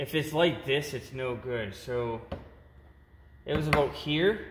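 A replacement rear wiper arm is being handled and lined up at its position over the splined wiper pivot shaft on the tailgate of a 2007–2014 Honda Fit. Someone talks, with a short sharp handling tick near 2.3 s and a quiet pause before more talk. Nothing has seated or clicked onto the shaft yet.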